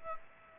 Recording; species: mosquito wingbeat signal from an infrared sensor; Aedes aegypti